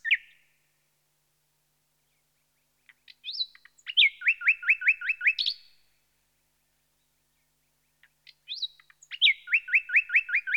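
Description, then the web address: Common nightingale song in separate phrases: short whistled notes leading into fast repeated chattering notes, with silent gaps of a few seconds between phrases. "The BBC Sound Effects Library. Nightingale"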